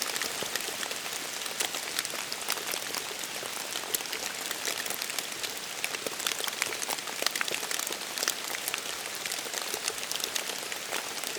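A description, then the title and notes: Soft rain falls steadily, a dense hiss of drops with no pauses from start to finish. Brighter individual taps scatter quickly and irregularly through it, as if landing on a surface, while the low end stays quiet. Soft rain sound for sleeping instantly.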